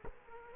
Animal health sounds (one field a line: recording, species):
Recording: mosquito wingbeat signal from an infrared sensor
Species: Culex quinquefasciatus